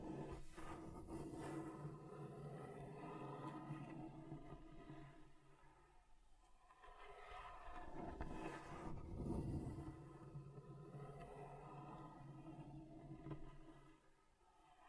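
A table is scratched across different surfaces, a continuous grinding rasp with low rumbling tones, thinning around six seconds and swelling again near nine.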